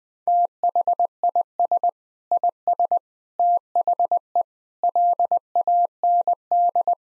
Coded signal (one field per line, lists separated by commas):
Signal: Morse code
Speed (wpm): 20 wpm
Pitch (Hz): 700 Hz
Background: none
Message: THIS IS THE LAND